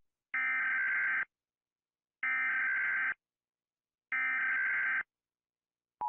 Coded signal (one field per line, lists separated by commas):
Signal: Emergency Alert System (SAME) tones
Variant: header bursts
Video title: - EAS Scenario - No Way Out (REACTION)